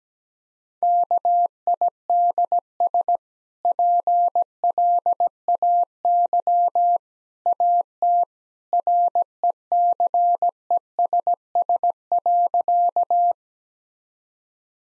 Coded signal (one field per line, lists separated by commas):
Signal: Morse code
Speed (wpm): 17 wpm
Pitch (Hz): 700 Hz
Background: none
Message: KIDS PLAY AT RECESS.